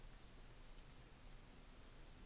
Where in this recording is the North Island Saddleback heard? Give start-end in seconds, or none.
none